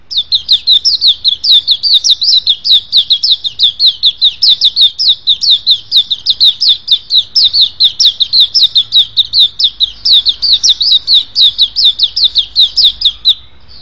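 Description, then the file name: White-eye song: a long, unbroken stream of rapid, high, sweet twittering notes, each slurred up and down, running continuously throughout. "suara pleci"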